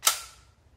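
After a hop-up adjustment, the bolt catch button on a G&G GR25 DMR airsoft rifle is pressed, releasing the bolt, which slams forward in its receiver. A single loud, sharp metallic snap lands at 0.07 s, followed by a short ringing tail that fades out by about 0.4 s. The bolt is released forward.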